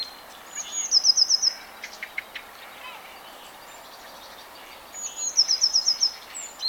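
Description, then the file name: Eurasian blue tit with a rapid, high, even trill of sharp notes, repeated after roughly four seconds, with scattered chirps in the gaps. "Cyanistes caeruleus"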